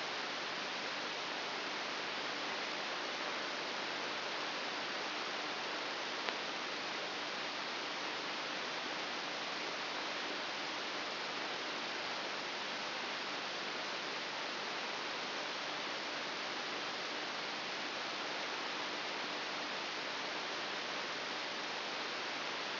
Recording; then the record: brain microelectrode recording played as sound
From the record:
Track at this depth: inside the subthalamic nucleus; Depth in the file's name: 4.202 mm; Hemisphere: right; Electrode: 3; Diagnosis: Parkinson's disease